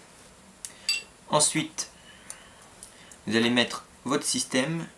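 An SMP Wolverine system part is handled as it is brought to an airsoft V2 gearbox shell, with small ticks and taps at about 0.7, 0.9, 2.3, 2.8 and 3.1 seconds while someone talks. The clip ends before the part goes home, and nothing has seated or clicked yet.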